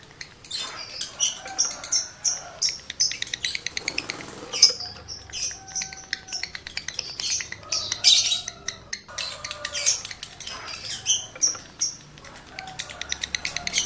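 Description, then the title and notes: Lovebird chattering song, long runs of rapid staccato ticks mixed with shrill squeaks and short whistled slurs, broken by a few brief pauses. Male lovebird in breeding condition; its call is used to stimulate other lovebirds to sing. "Birahi Lovebird Jantan ke Gacor. Pancingan Suara Lovebird jantan birahi"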